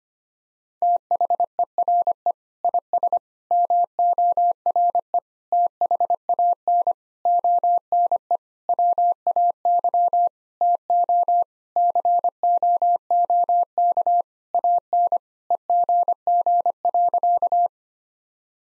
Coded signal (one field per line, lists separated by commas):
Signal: Morse code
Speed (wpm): 25 wpm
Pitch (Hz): 700 Hz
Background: none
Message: THERE IS MORE THAN ONE WAY TO COOK AN EGG.